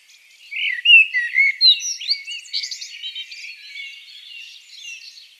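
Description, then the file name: Eurasian blackbird giving one rich warbled phrase that runs into rapid high chattering notes, then fades into soft background twittering. "Turdus merula"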